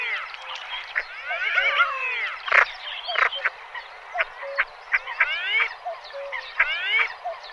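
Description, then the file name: Common pochard calls from a flock: many overlapping rising whistles and harsh grating notes, with sharp louder calls popping out every second or so. "CHernet krasnogolovaya"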